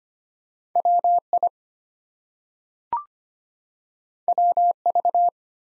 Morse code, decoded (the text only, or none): WI WV